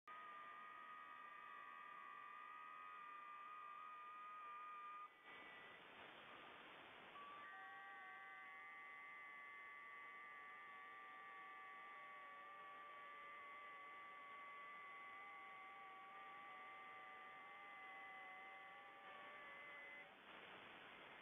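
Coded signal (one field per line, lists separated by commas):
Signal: FT8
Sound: several soft steady warbling tones stepping slowly in pitch, starting and stopping together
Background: radio static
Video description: FT-8 reception by M0XMX using PowerSDR & Flex-3000 plus WSJT-X software.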